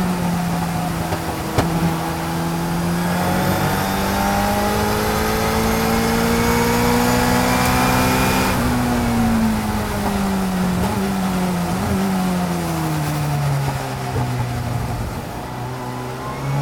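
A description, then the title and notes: In-car audio from a 1986 Toyota Celica IMSA GTO race car, its engine droning steadily and climbing in pitch up to about eight seconds, then falling away through the back half. A high whine rides above the engine early on, with brief shifts near 11 and 12 seconds. 1986 Toyota Celica IMSA GTO In-Car Audio, Monterey 2018. Captured inside a 1986 Toyota Celica IMSA GTO machine built by All American Racers. With almost 600hp on tap from the 2.1-liter four-cylinder turbo. Spools up the boost while charging around Laguna Seca during the 2018 Rolex Monterey Motorsports Reunion event.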